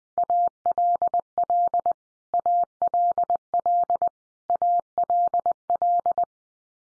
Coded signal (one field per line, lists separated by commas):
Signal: Morse code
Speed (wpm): 20 wpm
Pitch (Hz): 700 Hz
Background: none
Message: ALL ALL ALL